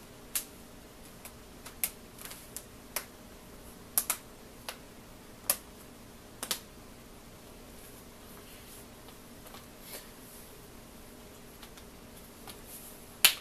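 Thumbs press along the whole edge of the plastic display case on a Toshiba Satellite E305-S1990X laptop lid, pushing its plastic clips into place. A series of sharp plastic clicks and snaps rings out over a quiet background, with the loudest at 1.8, 4.0, 5.5 and 13.3 seconds. Each clip snaps home and the case is seated.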